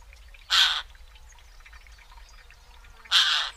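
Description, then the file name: Eurasian jay giving two harsh, rasping screeches about two and a half seconds apart, over a low background hum. "Garrulus glandarius"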